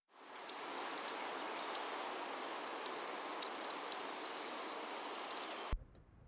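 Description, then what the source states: Bushtit calls, thin high buzzy trills and sharp tsit notes in short bursts, a louder rattling buzz near the start, middle and end. Weighs 4 to 6 grams, about as much as a nickel; nearly always in flocks of 10 to 40; resident in Seattle year-round; recording by Curtis Marantz, Macaulay Library.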